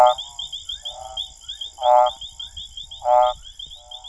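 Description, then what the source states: Lavilla's escuerzo advertisement call: two loud, rough pulsed notes just over a second apart, with softer calls and a constant high-pitched drone behind. Advertisement call, recorded at 24.3 °C.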